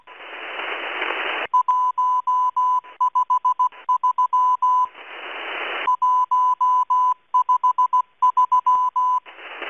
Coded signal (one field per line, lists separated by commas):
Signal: Morse code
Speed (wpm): 16 wpm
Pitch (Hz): 1000 Hz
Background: none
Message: 153 153